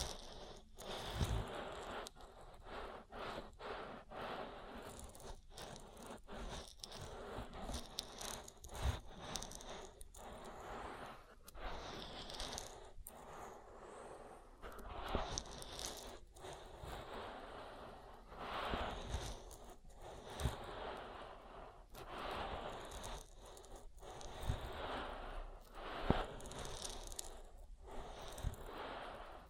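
Slick, wet rubbing and squishing of an oil ear massage, with dense crackly friction, frequent soft taps, and brief gaps throughout.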